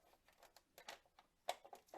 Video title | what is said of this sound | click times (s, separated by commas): Huina 573 Top Race TR 212 Radio Controled Dump Truck Modifications Part 3 | so now we can put our arms back on and they kind of snap in place here | 1.5 s